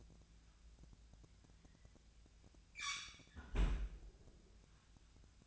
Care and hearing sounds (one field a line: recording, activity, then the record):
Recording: daily activity, microphone in the room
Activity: close fridge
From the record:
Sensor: 2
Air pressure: 1009.6 hPa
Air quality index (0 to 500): 183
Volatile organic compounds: 11 ppm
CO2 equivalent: 2277 ppm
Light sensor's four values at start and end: 26/64/28/30 and 26/64/28/30